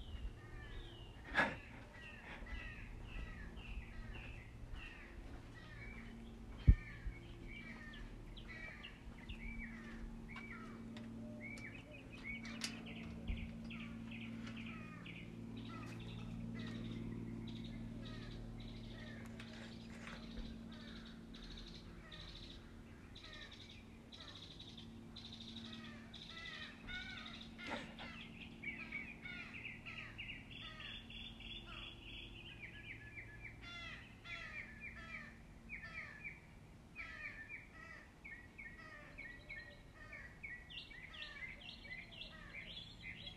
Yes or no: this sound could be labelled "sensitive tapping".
no